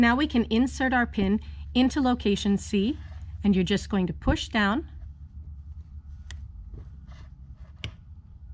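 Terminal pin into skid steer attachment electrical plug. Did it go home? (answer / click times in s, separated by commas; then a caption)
yes / 7.8 s. Someone talks while a crimped terminal pin is pushed by hand into cavity C of a 14-pin plastic skid steer attachment electrical plug. After a few seconds of quiet handling and a small tick at 6.3 s, a sharp click at 7.8 s marks the pin locking in place. The pin is seated almost flush and does not pull out.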